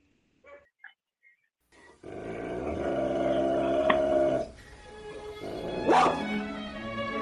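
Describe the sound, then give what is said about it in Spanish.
Dogs snarl and growl in a rough, sustained rumble for a couple of seconds, then a sharp, loud bark bursts out amid continued low growling. “Los perros de Patlo.”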